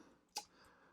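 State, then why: Seated. The plastic retaining strap on the pistol holster of a Star Wars Beast Kingdom SDCC Exclusive Egg Attack Action Boba Fett Arena Suit action figure is wrapped around and pushed onto a small pivot peg to lock it closed. A single small, sharp click sounds at 0.4 s against quiet background noise. The strap snaps onto the peg and locks into place.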